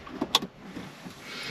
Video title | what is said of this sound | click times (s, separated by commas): Ford Transit Connect Camper Stereo Upgrade ‐ Connect 2 fascia and Sony XAV-AX8150 | Right, that's locked into place. | 0.3 s